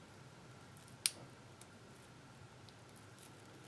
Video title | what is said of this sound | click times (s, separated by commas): Installing my Injector Dynamics 1050x injectors! | You want to hear it click in. | 1.1 s